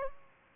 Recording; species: mosquito wingbeat signal from an infrared sensor; Culex pipiens